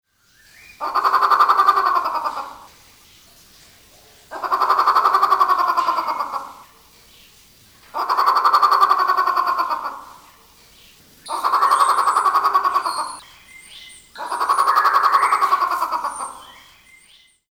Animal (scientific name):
Polyplectron bicalcaratum